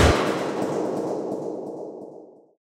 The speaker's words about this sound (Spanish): El disparo de Carla no acierta a Nathan.